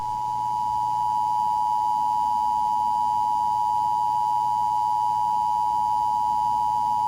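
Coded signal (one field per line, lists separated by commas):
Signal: Emergency Alert System (SAME) tones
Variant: 853 and 960 Hz attention tone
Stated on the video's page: Fictional EAS announcement.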